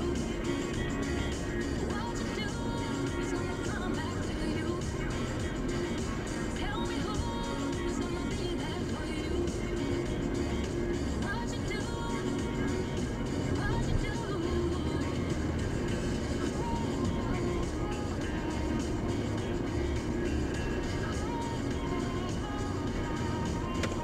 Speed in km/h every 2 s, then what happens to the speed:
48, 49, 51, 48, 49, 50, 53, 53, 56, 57, 56, 54.
0-11 steady at about 49. 11-16 speeds up to 56. 16-24 steady at about 56.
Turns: none.